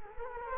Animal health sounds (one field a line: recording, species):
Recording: mosquito wingbeat signal from an infrared sensor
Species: Culex quinquefasciatus